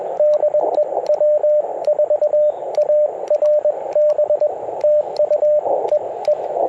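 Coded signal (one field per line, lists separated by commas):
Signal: Morse code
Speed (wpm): 21 wpm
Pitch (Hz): 590 Hz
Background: radio noise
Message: DE W4ARB TU EE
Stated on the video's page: CW POTA activation on a Ten-Tec Argonaut V with full break-in QSK, BaMaKeY TP-III paddle, and MC-750 antenna.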